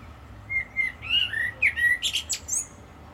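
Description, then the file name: Common blackbird phrase of several mellow, slightly slurred whistles ending in a quick, thin, high-pitched twitter. "Turdus merula"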